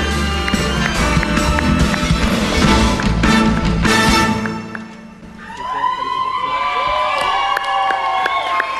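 A crowd bursts into loud, dense applause and cheering for about five seconds, then the clapping thins out as excited shouts and whoops carry on over a lingering murmur.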